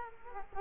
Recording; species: mosquito wingbeat signal from an infrared sensor; Culex quinquefasciatus